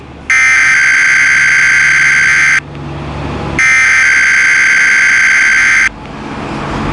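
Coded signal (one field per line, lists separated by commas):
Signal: Emergency Alert System (SAME) tones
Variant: header bursts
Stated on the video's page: Weather radio EAS tones for the required weekly and monthly tests.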